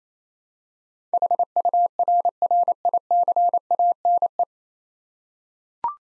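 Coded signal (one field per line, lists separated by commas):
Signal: Morse code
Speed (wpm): 27 wpm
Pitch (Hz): 700 Hz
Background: none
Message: HURRICANE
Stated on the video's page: Morse practice drill of 9-letter words at 28 wpm for head-copy, each word sent twice.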